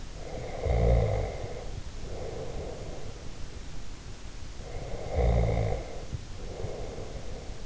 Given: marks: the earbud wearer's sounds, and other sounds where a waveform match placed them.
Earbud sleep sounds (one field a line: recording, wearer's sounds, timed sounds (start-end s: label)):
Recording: sounds in sleep by an in-ear microphone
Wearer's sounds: snoring breath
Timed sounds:
0.12-3.43 s: snoring breath
4.62-7.65 s: snoring breath